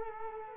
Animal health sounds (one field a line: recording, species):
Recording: mosquito wingbeat signal from an infrared sensor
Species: Culex quinquefasciatus